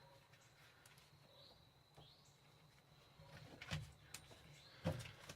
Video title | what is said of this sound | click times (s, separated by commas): Racing seat, Roll Cage and Harness Install | And then we're going to lock this one as well. | 4.1 s